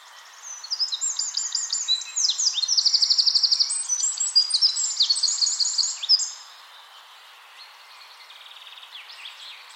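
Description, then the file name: Eurasian wren singing a loud, fast cascade of high trills and chatters for about six seconds, followed by a softer trilled phrase. "Troglodytes troglodytes"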